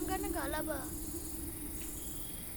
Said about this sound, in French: Si les aboiements de cet être mystérieux disent la tourmente de tout un pays, sa présence m'apaise aussi. Cette nuit, j'entends l'appel du cagou.